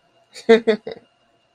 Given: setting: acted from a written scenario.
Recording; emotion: vocal sound without words; pride